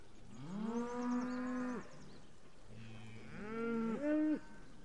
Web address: cows